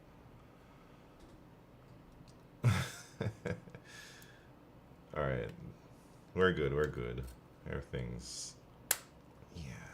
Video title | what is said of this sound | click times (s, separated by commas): Keyboard Build Stream - Devastating TKL / HMX KD200 - 1,000,000 channel point redeem | hear that snap? It's snapping in. | 8.9 s